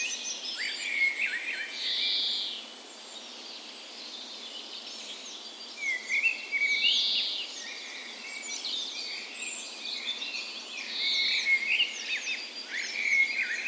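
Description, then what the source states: Birds in a birds, chirps and trills together, while a louder buzzy note sounds three times above the chorus. Birds recorded in the morning of 17 May, Norway's National Day, in a park in west Bergen, Norway, in spring; Sony PCM A10 recorder with LOM Usi microphones.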